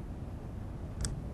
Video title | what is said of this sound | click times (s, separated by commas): PrimeLock™ Insert Installation Instructions with Handheld Tool | tighten the net until the connection verification ring creates an audible click | 1.0 s